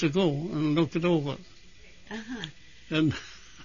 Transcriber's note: he laughs